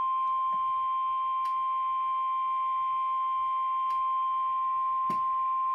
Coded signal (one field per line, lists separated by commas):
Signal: Emergency Alert System (SAME) tones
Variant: 1050 Hz attention tone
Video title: Slight Risk Fun | EAS Alerts 48-75